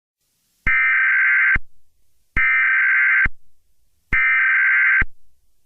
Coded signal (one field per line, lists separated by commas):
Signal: Emergency Alert System (SAME) tones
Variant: header bursts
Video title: EAS Scenario #2: The Deep Freeze (watch till the end)